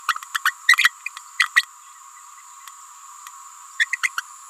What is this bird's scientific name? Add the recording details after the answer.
Forpus passerinus. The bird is a female. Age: 28 days. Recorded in a nest box in Venezuela. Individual 17B31A3